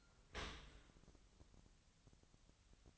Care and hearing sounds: daily activity, microphone in the room; open dishwasher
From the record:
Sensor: 3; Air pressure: 1003.1 hPa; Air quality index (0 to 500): 198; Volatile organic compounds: 6 ppm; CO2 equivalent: 1931 ppm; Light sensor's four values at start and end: 33/82/35/38 and 33/82/35/38

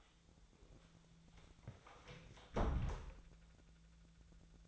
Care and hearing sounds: daily activity, microphone in the room; close door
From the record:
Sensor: 3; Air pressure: 1000.5 hPa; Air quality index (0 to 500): 180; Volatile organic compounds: 4 ppm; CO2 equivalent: 1560 ppm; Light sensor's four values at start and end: 12/29/12/13 and 12/29/12/13

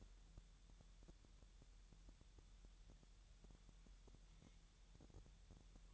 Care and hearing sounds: daily activity, microphone in the room; wipe stove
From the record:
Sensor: 3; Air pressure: 1001.0 hPa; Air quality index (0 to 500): 249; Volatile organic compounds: 181 ppm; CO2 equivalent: 4148 ppm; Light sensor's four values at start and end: 13/30/13/12 and 13/30/13/12

